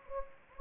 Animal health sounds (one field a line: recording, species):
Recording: mosquito wingbeat signal from an infrared sensor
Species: Anopheles gambiae